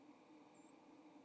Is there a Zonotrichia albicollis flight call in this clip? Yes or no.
yes